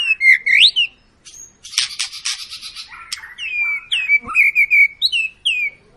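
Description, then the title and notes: White-rumped shama song: loud, clear rising whistles, a dense buzzy chattering burst, then more sweeping whistled notes in quick succession. Long continuous (gacor) lure recording used to make other birds sing. "Pancingan Murai Batu Gacor Panjang. muraiku"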